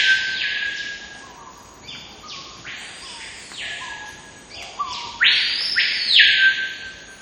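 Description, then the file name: Screaming piha song: loud, broad, ringing whistles swooping up then falling, overlapping and repeated irregularly, with fainter lower whistled sweeps beneath and a steady background hiss. "Lipaugus vociferans singing and whistling"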